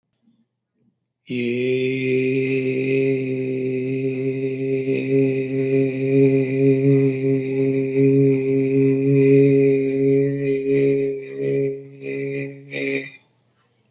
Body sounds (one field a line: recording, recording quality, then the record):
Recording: sustained vowel as in made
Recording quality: excellent, no background noise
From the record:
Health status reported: healthy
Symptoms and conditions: none ticked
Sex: male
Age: 39 years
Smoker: not ticked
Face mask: not worn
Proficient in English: yes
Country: India